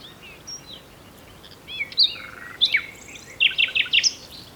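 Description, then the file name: Common nightingale song: scattered high chirps and slurred whistles, then a burst of loud, rapidly repeated sharp notes toward the end, over faint steady background noise. "Luscinia megarhynchos"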